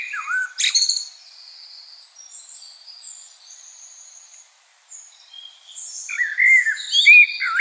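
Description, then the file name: Common blackbird song: a mellow fluted phrase, a stretch of thin high twittering, then more rich whistled notes rising and falling near the end. "Turdus merula"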